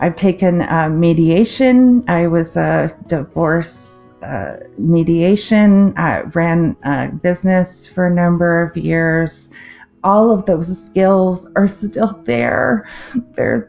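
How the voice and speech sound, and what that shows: Adult woman speaking with aphasia after a 2023 stroke affecting the language centre of the left brain, treated within a couple of hours. Her speech is not fluid, with word-finding difficulty, hesitant pauses and a restarted phrase.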